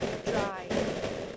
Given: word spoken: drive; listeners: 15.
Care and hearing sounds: one English word in noise, from a listening test; noise modulated by three-talker babble; -7.5 dB; 7 of 15; 7 of 15; 0.97 s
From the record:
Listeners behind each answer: 7, 7, 1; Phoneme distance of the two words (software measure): 7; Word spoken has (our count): 1 syllable, 4 phonemes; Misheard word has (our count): 1 syllable, 3 phonemes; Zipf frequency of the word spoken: 5.00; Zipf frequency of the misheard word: 4.96

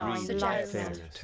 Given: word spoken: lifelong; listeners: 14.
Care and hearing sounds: one English word in noise, from a listening test; four-talker babble; -1.6 dB; 0 of 14; 11 of 14; 0.84 s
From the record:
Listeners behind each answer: 11, 1, 1, 1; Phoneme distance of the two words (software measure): 60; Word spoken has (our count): 2 syllables, 6 phonemes, stress on syllable 1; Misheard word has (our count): 2 syllables, 6 phonemes, stress on syllable 2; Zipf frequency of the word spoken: 3.56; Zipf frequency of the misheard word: 4.63

